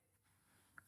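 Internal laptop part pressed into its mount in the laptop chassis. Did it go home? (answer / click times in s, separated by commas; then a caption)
yes / 0.8 s. An internal laptop part is pressed down into its mount in the laptop chassis during reassembly. A faint, short hit is heard at 0.8 s over a low background, and the part seats in place.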